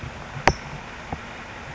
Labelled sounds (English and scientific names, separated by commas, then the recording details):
California Towhee (Melozone crissalis)
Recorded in Sonoma County, California